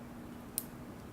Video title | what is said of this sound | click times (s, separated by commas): KOSO Power Test Meter - Love of Speed!! | Once you hear the snap, then you already know | 0.6 s